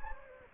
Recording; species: mosquito wingbeat signal from an infrared sensor; Anopheles gambiae